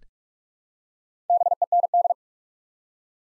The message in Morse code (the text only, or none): BEND